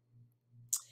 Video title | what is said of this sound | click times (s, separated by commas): Robomaster TT Tello Talent Drone Unboxing (DJI) | uh you can just pop it pop it right in and you'll hear a little click that it's in | 0.7 s